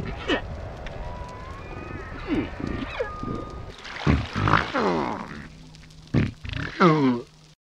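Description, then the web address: Humpback whale song, a varied run of grunts, steep downsweeps, a long level tone and rising harmonic whoops, ending with sudden silence. "dradio 2017 04 26 deutschlandfunknova buckelwal 20170426"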